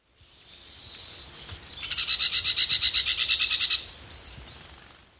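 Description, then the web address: Smoky-brown woodpecker rattle, a fast even run of many high notes lasting about two seconds. Ecuador. "Birds of Ecuador. Smoky-Brown Woodpecker"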